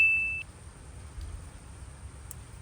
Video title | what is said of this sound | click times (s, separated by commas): How to Wire 14 18 Silverado:Sierra Tow Mirrors With Factory Turn Signals | You're going to hear a little click. | 2.3 s